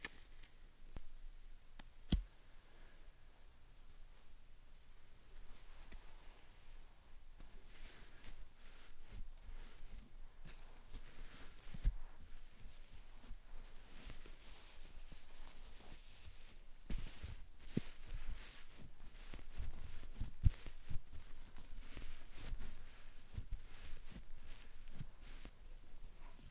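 Slime and sand handled in soft, squishy crackles and rustles, with scattered sharper pops and taps, growing busier and denser after ten seconds.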